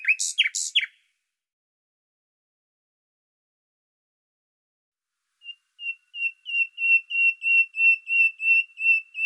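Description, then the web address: Bird song: two sharp high chirps, a long silence, then a steady run of whistled notes repeating about three times a second and growing louder. "Deverinetal 2025"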